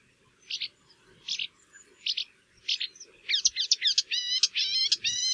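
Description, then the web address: Marsh warbler giving spaced scratchy notes that speed up into a rapid, rhythmic chattering series. "geluiden bosrietzanger"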